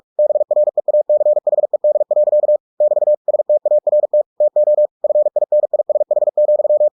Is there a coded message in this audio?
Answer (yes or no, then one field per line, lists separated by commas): yes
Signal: Morse code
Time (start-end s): 0.2-6.9 s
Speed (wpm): 46 wpm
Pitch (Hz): 600 Hz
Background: none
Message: BREACHED. <BT> START TO FINISH,